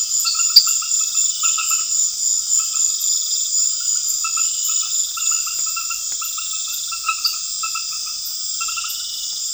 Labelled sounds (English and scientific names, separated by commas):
none